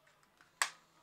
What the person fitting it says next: it looks like it snaps into place